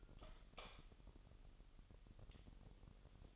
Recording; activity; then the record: daily activity, microphone in the room; light on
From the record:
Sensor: 4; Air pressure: 989.1 hPa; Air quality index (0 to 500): 210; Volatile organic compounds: 59 ppm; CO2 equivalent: 3402 ppm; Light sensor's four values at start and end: 25/82/31/31 and 28/94/35/36